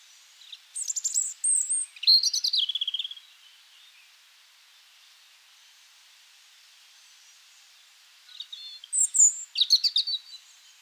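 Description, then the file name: European robin song: a short run of sharp, high twittering notes and a descending whistle, then a long pause before another similar high phrase. "Erithacus rubecula"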